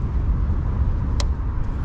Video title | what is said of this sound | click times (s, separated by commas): Stromer ST3 Review - $8.5k | Hear a click over here and just for a few seconds, it makes this button accessible. | 1.2 s